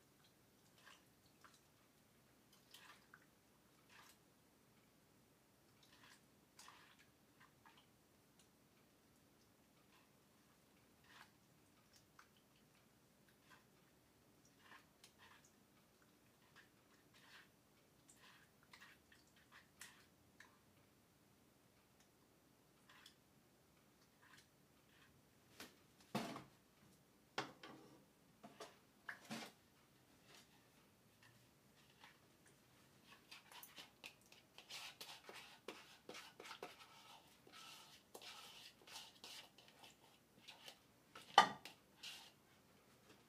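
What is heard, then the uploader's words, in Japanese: Eggplant simmering in tomato sauce: scattered light ticks and clicks over a faint low hum for the first twenty-five seconds. A few louder knocks land around 26 to 29 seconds, then a dense bubbling crackle builds from 33 seconds, with a sharp clack near 41. 環境音 ナスのトマト煮込み。ベーコンの代わりにちくわをいれてみました。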